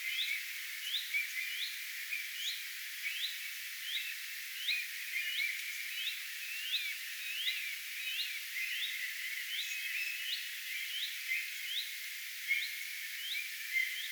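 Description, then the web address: Common redstart uttering repeated short rising whistles in a rapid series, mixed with other soft chirps and a constant thin background tone. Alarm or attention calls, recorded 3 May 2025. "paivat 3 5 2025 leppalinnun huomioaantelya"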